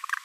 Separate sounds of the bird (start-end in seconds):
0.12-0.15